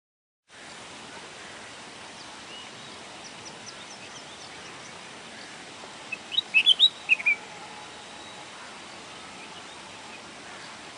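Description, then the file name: Bulbul song: one brief phrase of rapid, bubbling whistled notes midway through, otherwise steady hiss with a few faint high chirps earlier. "طائر البلبل"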